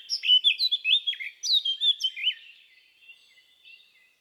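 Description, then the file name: Eurasian blackcap song: a short burst of rich, fluting, slurred whistles that fades into quieter soft notes. "baratposzata"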